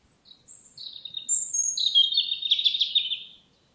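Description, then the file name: European robin song: thin high whistled notes sliding downward, followed by a rapid, trilling warbled phrase, rich and varied, over a quiet background. "Erithacus rubecula"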